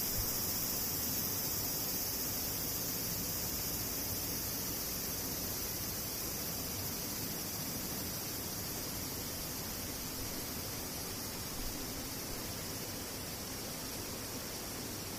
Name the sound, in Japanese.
セミ